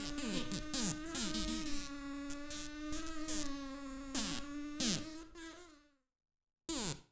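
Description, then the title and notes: Fly wingbeats: a steady low buzz with harmonics, interrupted by scratchy fluttering bursts and short sweeping whines, dropping to silence near the end before a final buzz. Several flies stuck on a sticky flypaper trap, beating their wings in desperation; Arlebosc, Auvergne-Rhône-Alpes, France. "Arlebosc, Auvergne-Rhône-Alpes, France - Le requiem des mouches. Collés sur leur piège de papier gluant, Je capte quelques battements d'ailes de désespoir"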